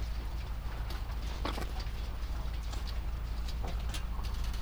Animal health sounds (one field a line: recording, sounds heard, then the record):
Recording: poultry house recording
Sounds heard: sick chickens (respiratory disease)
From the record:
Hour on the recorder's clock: 0